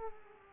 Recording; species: mosquito wingbeat signal from an infrared sensor; Culex pipiens